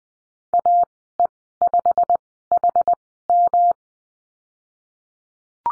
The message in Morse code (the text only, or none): AE5HM